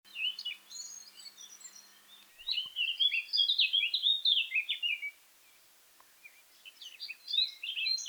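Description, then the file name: Eurasian blackcap song: a fast, rich warble of varied chirps and twittering notes in two bursts, separated by a brief pause. "Sylvia atricapilla"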